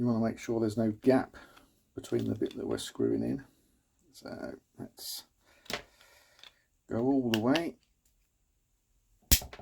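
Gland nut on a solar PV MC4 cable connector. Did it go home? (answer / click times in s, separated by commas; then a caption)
yes / 8.1 s, 9.5 s. Someone talks while the plastic gland nut on a solar PV MC4 cable connector is tightened with spanner tools. The nut slips and clicks at 8.1 s and 9.5 s, ratcheting almost like a clutch, which shows it is done up as far as it will go.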